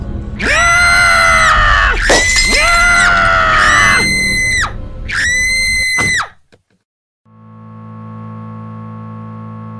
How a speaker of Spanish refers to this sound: Sus gritos se pierden con otros gritos.